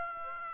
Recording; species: mosquito wingbeat signal from an infrared sensor; Aedes aegypti